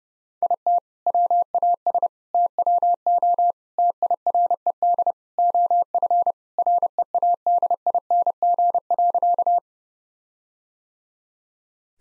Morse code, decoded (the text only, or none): IT WAS TWO TIRED OF READING.